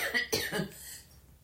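A short, harsh cough from an adult woman, two quick bursts, fading into quiet room sound.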